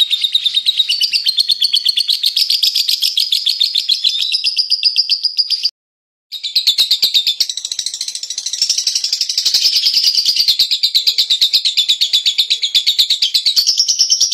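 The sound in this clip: Lovebird chatter: dense, rapid high-pitched chirping, cut by a brief silence around six seconds, then continuing busily.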